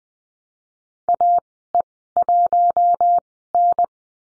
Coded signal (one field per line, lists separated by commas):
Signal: Morse code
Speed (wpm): 19 wpm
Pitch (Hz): 700 Hz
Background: none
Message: AE1N